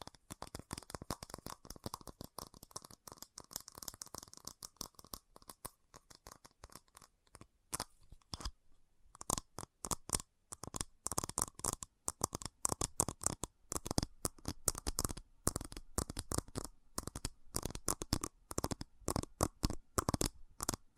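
Fast tapping in dense, irregular bursts of sharp clicks, lighter at first, with a brief pause near eight seconds, then louder and brighter.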